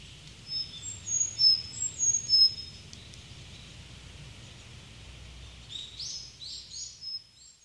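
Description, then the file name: Sakhalin leaf warbler with a cluster of high, thin, sharp whistled notes early on, then a quieter series of slurred chirps toward the end, over faint background hiss. Recorded at Kokubunji, Japan, on 28 May 2004. "ezomushikui kokubunji mju"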